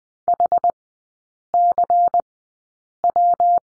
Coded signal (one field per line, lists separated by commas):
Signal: Morse code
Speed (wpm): 20 wpm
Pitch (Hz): 700 Hz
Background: none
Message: HCW